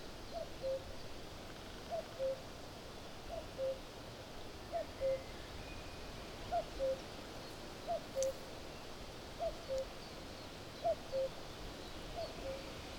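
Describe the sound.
Common cuckoo giving a steady series of falling two-note cuck-oo calls, nine in a row roughly every 1.4 seconds, with faint background hiss.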